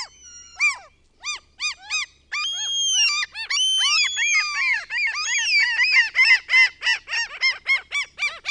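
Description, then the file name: Common gull calling with short arched yelps that break into long, wavering high cries, then quicken into a fast run of notes. The recordist's own bird recording. "KALALOKKI"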